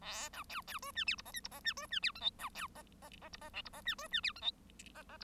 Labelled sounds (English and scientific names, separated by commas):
Bengalese Finch (Lonchura striata domestica) song